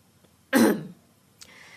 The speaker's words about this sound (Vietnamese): Thu Diệp liền hắng giọng vài cái